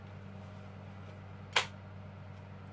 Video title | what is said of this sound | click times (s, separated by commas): riverside arms double barrel 12 gauge | clicks into place | 1.6 s